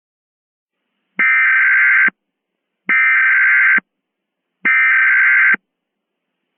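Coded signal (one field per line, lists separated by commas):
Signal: Emergency Alert System (SAME) tones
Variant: header bursts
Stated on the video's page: Mock EAS scenario, fictional alert containing valid SAME tones.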